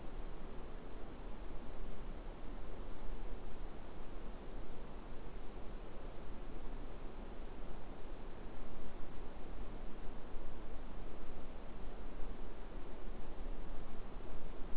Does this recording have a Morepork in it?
no